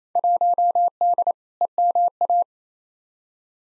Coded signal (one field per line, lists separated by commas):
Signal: Morse code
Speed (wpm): 27 wpm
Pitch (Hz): 700 Hz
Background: none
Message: 1D EMA